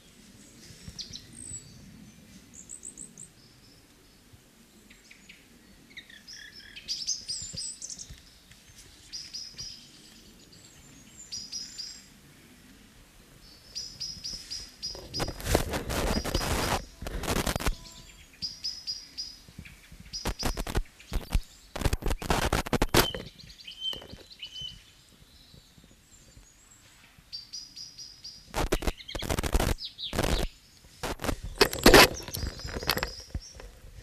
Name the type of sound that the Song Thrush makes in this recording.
song